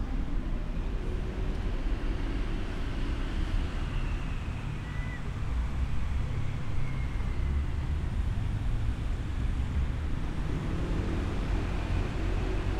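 A walk through the historic city of Bath, heard as a steady, dense rumble of traffic and wind with a deep low roar throughout. Faint brief tones surface around five and seven seconds, and the level stays constant for the whole stretch.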